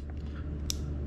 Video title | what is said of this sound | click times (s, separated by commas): FT-891 Molex Replacement with Anderson Powerpole Connectors - 3D printing and wire crimping | it should just click just like that | 0.7 s